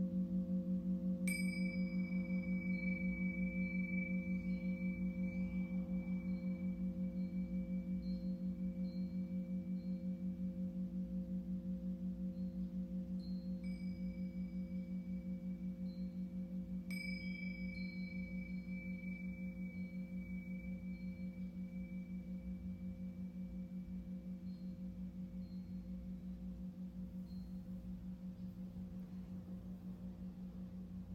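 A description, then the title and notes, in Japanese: A singing bowl hums with a steady low drone throughout, while bright bell-like strikes ring out near 1, 14 and 17 seconds and slowly fade. シンギングボウルライブ。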